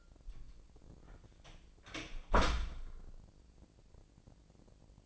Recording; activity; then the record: daily activity, microphone in the room; close door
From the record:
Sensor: 5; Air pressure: 1012.4 hPa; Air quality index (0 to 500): 158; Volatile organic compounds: 2 ppm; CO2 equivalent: 1082 ppm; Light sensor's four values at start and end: 208/506/211/232 and 207/502/210/231